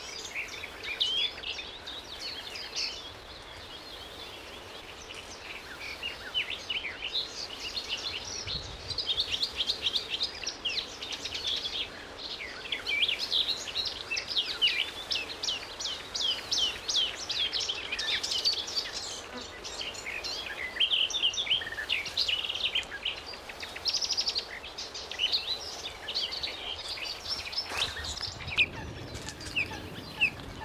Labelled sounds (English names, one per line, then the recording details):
Marsh Warbler song
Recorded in the wild
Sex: male
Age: adult
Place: Berlin, OT Karow, Berlin, DE
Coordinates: 52.6228, 13.4597
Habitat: ponds
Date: 1988-05-29 10:52
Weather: sunny, 20-26°C
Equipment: Nagra SN (Automatik), Kopie Tesla B 116
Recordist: Tembrock, Günter